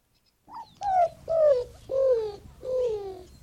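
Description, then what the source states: Greater roadrunner cooing: four soft, low coos, each sliding downward, dropping slightly in pitch through the series. Soft cooing presented as the roadrunner's true voice, likened to a lonely puppy.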